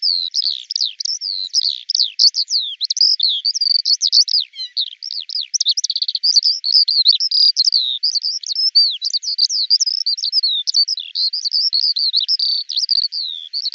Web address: cianscape birddata Deverinetal 2025 Bird Al Ar